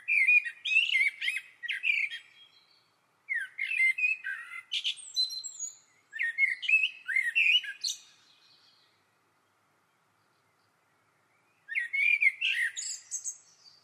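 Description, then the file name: Eurasian blackbird song, repeated mellow warbling phrases with scratchy high twittering endings, four bursts with short pauses between the first three and a longer pause before the last. "Turdus merula"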